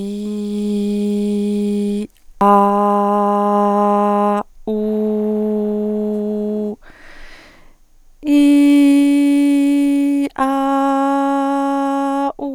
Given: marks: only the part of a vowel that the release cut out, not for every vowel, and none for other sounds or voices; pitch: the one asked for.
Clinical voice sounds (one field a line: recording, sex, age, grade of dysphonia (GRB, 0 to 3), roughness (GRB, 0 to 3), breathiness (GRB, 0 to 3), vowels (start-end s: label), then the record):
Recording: sustained vowels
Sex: female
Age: 30 to 39 years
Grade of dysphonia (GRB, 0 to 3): 0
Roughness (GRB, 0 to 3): 0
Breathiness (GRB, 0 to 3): 0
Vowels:
0.00-1.94 s: vowel /i/, normal pitch
2.54-4.33 s: vowel /a/, normal pitch
4.73-6.68 s: vowel /u/, normal pitch
8.33-10.21 s: vowel /i/, high pitch
10.54-12.22 s: vowel /a/, high pitch
From the record:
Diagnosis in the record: hyperfunctional dysphonia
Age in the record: 36 years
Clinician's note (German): Nach Laryngitis